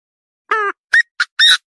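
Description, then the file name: Partridge uttering a buzzy nasal note and then a string of short, grating squawks. "Tieng ga go"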